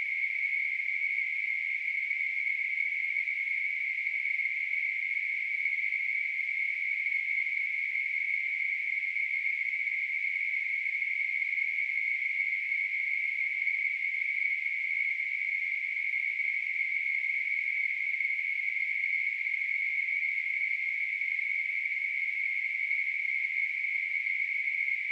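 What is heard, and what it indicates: A steady, unbroken high-pitched hiss, a narrow band of noise that holds the same pitch and loudness for the whole 25 seconds. It is a simulation of tinnitus, the phantom ringing or hissing heard in the ears.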